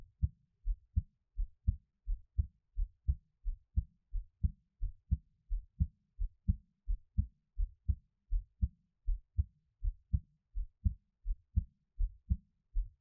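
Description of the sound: Steady, regular adult heartbeat at about 85 beats a minute, heard close up: each beat is a deep low thump followed by a softer second sound. No talking, and the background is quiet.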